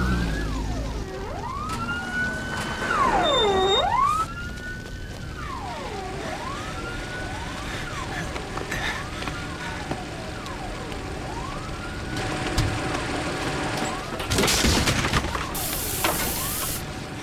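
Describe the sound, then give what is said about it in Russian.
Sirens of an ambulance and a fire engine arriving at a house wail at once, rising and falling in overlapping sweeping tones, loud and continuous over traffic rumble, with a brief hissing burst near the end. “К дому приехала скорая и пожарная.”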